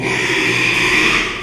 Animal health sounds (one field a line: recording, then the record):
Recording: squeal of a Yucatan mini pig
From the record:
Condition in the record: after surgery on the right vocal fold (resection and tissue-engineered implant)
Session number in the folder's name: 1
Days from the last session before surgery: 6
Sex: male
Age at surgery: 12 weeks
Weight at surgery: 13 kg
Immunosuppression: cyclosporine, prednisolone